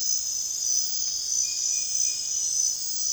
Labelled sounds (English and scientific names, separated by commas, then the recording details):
none
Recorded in dense forest near Puerto Asís, Putumayo, Colombia, on 29 June 2025 at 01:00
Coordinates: 0.468, -76.322
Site GP03